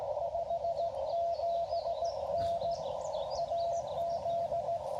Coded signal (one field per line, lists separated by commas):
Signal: Morse code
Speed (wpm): 21 wpm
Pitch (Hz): 680 Hz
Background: radio noise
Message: 57N AZ